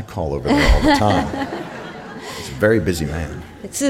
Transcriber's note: soundbite of laughter